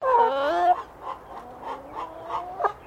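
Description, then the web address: Chicken clucking, a drawn-out wavering cluck at the start followed by softer, spaced low clucks and a final short cluck. "Sound Effects-Foundation 1 BIRD CHICKEN BEREL CLUCKING"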